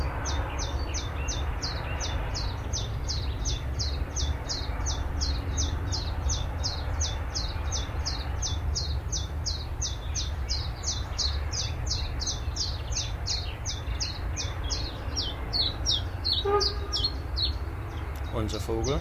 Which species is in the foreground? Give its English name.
Willow Warbler